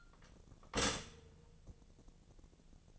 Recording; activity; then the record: daily activity, microphone in the room; stop toaster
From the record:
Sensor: 4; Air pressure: 1001.1 hPa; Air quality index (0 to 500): 153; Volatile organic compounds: 2 ppm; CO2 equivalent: 1120 ppm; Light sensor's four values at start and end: 21/49/20/22 and 21/49/20/22